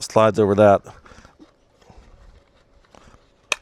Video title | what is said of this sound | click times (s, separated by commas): Overlander EDC - What we carry as full time overlanders. | locks in place, | 3.5 s